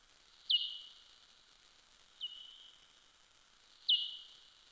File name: Soprano Pipistrelle